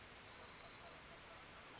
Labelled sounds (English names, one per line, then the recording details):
Orange-crowned Warbler
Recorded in Sonoma County, California